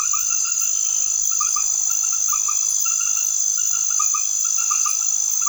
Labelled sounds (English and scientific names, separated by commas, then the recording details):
none
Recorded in secondary vegetation near Puerto Asís, Putumayo, Colombia, on 9 March 2025 at 21:00
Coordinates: 0.489, -76.322
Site G042